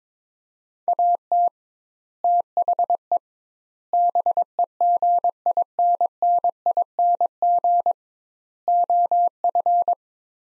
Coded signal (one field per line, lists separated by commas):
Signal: Morse code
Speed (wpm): 22 wpm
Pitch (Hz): 700 Hz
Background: none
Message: AT THE BEGINNING OF